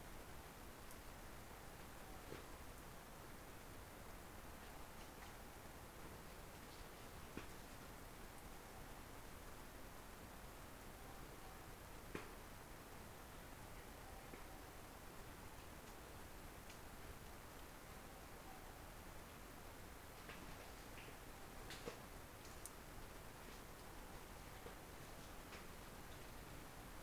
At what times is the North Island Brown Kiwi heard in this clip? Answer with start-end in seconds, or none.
none